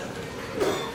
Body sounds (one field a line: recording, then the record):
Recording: coughing mixed with background sound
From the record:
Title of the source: Mid-morning Winter Coughing Fit